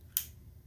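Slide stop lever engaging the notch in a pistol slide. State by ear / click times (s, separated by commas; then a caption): seated / 0.2 s. A semi-automatic pistol's slide lock lever is pressed up while the slide is pulled back. A single sharp, bright click at 0.2 s rises sharply above a low, steady background and fades within about a tenth of a second. The slide lock lever catches in the notch (groove) in the slide and holds the slide open.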